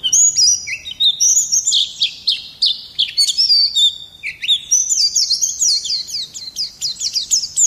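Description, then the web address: White-eye song: a continuous rapid stream of high, thin chirps and twittering notes, rising and falling, with brief sweeping phrases throughout. Long song, used for song-training of birds (masteran). "pleci ngalas panjang. masteran pleci"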